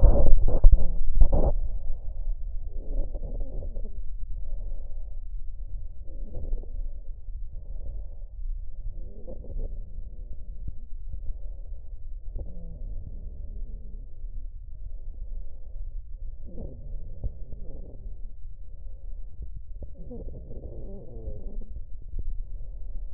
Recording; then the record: lung sounds by stethoscope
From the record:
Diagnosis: emphysema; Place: left posterior upper chest